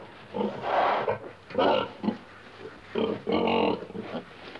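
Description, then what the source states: Pig grunting in several short, throaty bursts of rough snorting grunts, with brief quiet gaps between them. Pig grunting in a pen.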